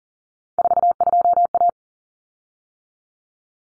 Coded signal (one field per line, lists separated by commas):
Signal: Morse code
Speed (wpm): 40 wpm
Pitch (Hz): 700 Hz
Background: none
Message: 42A